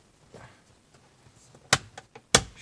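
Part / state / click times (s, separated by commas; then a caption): plastic lens cover into the vanity mirror light housing on the sun visor / seated / 1.7 s, 2.3 s. The plastic lens cover of the vanity mirror light on the sun visor of a 2016 Toyota Tundra is pressed back into its housing after the bulb is replaced with an LED. Two sharp, loud snaps ring out at 1.7 s and 2.4 s, with fainter ticks between them. The cover is seated in place.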